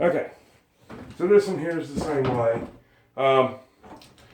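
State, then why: Not seated. Someone talks as a newly installed interior door, with no strike plate or bored holes in the frame yet, is pushed closed against its frame. Only faint contact knocks are heard near 4.0 s and 4.2 s, and the latch bolt has not clicked or caught, so the door closes but does not latch.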